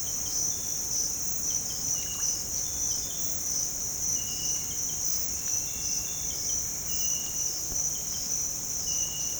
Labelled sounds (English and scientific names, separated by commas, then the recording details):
none
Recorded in pastures near Puerto Asís, Putumayo, Colombia, on 22 December 2024 at 06:30
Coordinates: 0.466, -76.322
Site G040